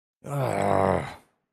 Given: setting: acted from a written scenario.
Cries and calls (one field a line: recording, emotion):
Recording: vocal sound without words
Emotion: disappointment